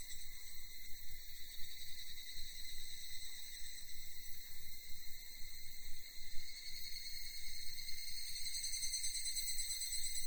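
Cicada call, an even, sustained high buzz over a constant low rumbling noise.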